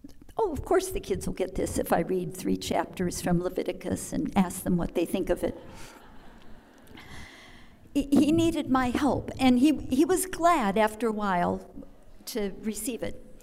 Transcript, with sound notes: “Oh, of course the kids will get this if I read three chapters from Leviticus and ask them what they think of it.” (laughter) He needed my help. And he was glad, after a while, to receive it.